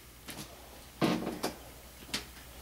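During reassembly of a Gateway ID49C07u laptop screen, the plastic screen bezel is pressed onto the lid at the hinge covers. Faint taps near 0.3 s and handling knocks around 1.0 s and 1.4 s lead to a sharp snap at 2.1 s as the bezel seats onto the hinges.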